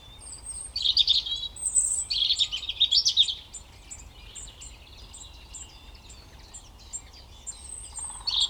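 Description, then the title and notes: European robin song: a loud burst of liquid warbles and trills, followed by quieter high thin notes and another phrase beginning at the very end. Koniówka, Lesser Poland, Poland; Zoom F3 recorder with Usi Pro drop rig. "Koniówka, województwo małopolskie, Polska - Robin, King of the Petland. Recordist: Maciej Wirmański"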